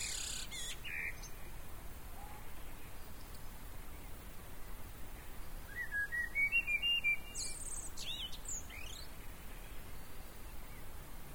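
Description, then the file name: Common blackbird calls: a few thin high notes at the start, then a chattering run of short notes midway and several high, thin, slurred calls, over steady background hiss. "Turdus merula"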